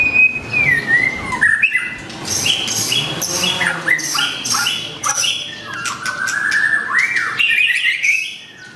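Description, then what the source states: White-rumped shama pouring out a dense, continuous song of slurred falling whistles mixed with bright chattering notes. Masteran training song of white-rumped shama (murai batu) for cage birds.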